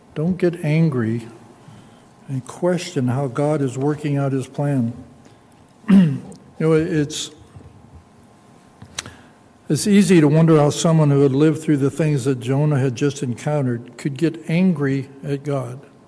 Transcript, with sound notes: Don't get angry and question how God is working out his plan. [clears throat] You know, it's it's easy to wonder how someone who had lived through the things that Jonah had just encountered could get angry at God.